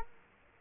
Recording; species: mosquito wingbeat signal from an infrared sensor; Culex quinquefasciatus